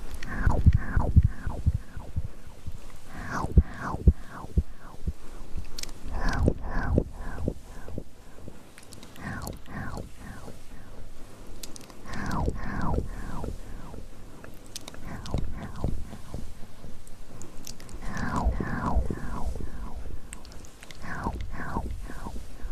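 Wet tingly mouth sounds click and smack in quick clustered bursts every few seconds, with soft low rustles of hand movement between them.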